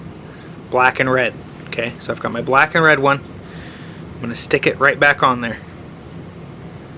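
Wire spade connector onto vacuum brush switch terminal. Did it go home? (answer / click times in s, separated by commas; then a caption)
no / none. Someone talks while handling a black and red wire spade connector, about to push it onto the terminal of a new brush switch in the head of a Dyson DC41 Animal vacuum cleaner whose brush won't move. Only speech and a low steady background hum are heard; nothing has seated or clicked yet.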